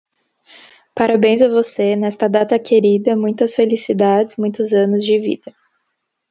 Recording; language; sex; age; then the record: short text; Brazilian Portuguese; female; 18 to 19 years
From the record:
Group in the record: control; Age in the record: 19 years